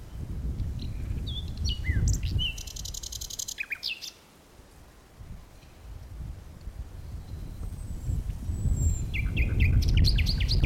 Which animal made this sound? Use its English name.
Common Nightingale